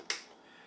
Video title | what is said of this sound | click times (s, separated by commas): Unboxing of the Govee Model: H601A | They actually snap in. | 0.1 s